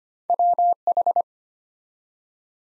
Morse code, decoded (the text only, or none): WH